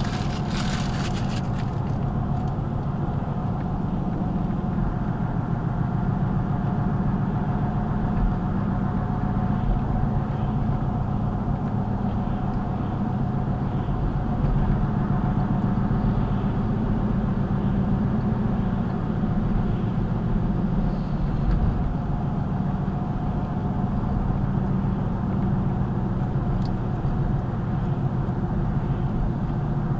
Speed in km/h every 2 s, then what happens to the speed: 64, 61, 63, 64, 66, 66, 66, 66, 64, 61, 63, 64, 63, 63, 60.
0-30 steady at about 64.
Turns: none.